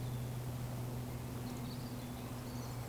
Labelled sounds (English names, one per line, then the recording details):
Eurasian Woodcock whistle
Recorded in Baden-Württemberg, Germany, on 15 June 2020 at 19:20 UTC
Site 14569, 102 m above sea level